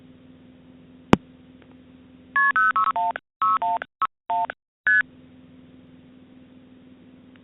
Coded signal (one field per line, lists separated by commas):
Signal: multi-frequency trunk signalling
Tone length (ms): 170 ms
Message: KP0616161 ST